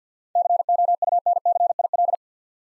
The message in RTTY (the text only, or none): none